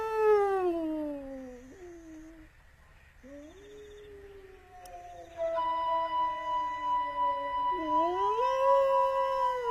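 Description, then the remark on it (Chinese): Long, wavering wolf howls glide downward and rise again, then human voices answer with imitation howls that overlap and swell louder through the second half. “狼瘾。这老伙计还来劲儿了，我再给他回两声。”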